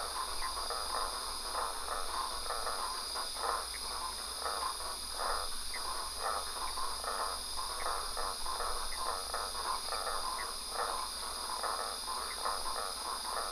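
Frogs give a continuous series of brief grating croaks, evenly spaced, against persistent hiss.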